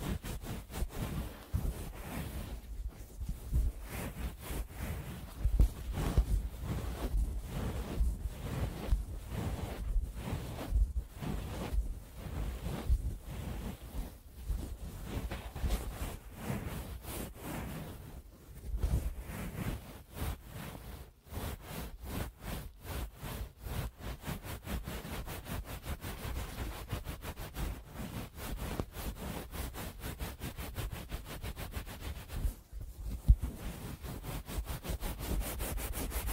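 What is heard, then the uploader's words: Ear cleaning: dense scratching and rubbing with a steady low rumble underneath. Bursts of rapid crackling clicks come through, thickest around twenty to twenty-four seconds and again near thirty seconds, with brief quiet gaps between strokes. ASMR Best Ear Cleaning.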